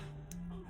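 A wire terminal is pushed through pin 51 of a plastic transmission wiring connector housing (C175B, Lokar 6R80 sport mode, Ford F100 Coyote swap) until it snaps home. A short, sharp click sounds at 0.3 s over a steady low hum, and the terminal is confirmed seated.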